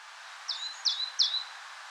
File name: Parus major